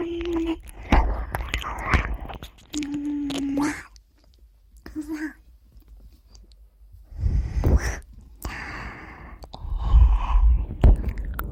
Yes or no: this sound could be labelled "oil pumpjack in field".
no